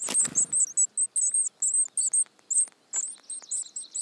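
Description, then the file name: Eurasian Blue Tit uttering high, thin notes in short, irregular bursts, after a brief low noise at the start. "Cyanistes caeruleus"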